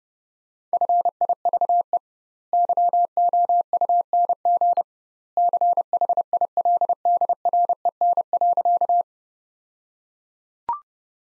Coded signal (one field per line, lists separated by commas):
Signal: Morse code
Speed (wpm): 32 wpm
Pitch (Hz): 700 Hz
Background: none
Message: FIVE YOUNG CHILDREN.